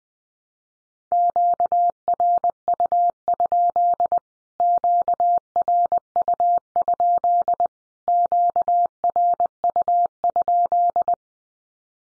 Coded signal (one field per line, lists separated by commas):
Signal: Morse code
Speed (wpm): 20 wpm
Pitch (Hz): 700 Hz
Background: none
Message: QRU? QRU? QRU?